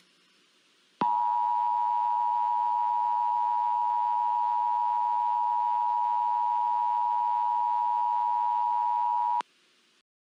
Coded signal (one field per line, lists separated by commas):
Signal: Emergency Alert System (SAME) tones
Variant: 853 and 960 Hz attention tone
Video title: AA Network Pre-Sign On With EAS